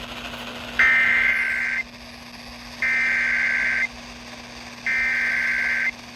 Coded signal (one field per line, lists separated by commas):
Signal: Emergency Alert System (SAME) tones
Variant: header bursts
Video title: An insane small Marginal Risk in Carolinas: EAS Alerts from 6/30/26